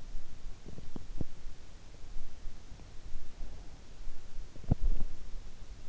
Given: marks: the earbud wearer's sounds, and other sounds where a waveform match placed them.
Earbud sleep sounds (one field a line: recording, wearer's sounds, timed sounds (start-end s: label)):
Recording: sounds in sleep by an in-ear microphone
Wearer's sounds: teeth grinding, breath, body movement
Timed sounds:
0.00-1.87 s: teeth grinding
2.55-4.15 s: breath
4.33-5.76 s: body movement